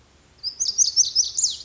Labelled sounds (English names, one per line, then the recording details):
Lazuli Bunting
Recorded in Sonoma County, California